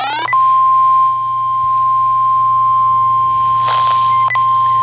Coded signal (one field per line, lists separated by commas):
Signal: Emergency Alert System (SAME) tones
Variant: 1050 Hz attention tone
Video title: First Scanner Activation! SVR - EAS #229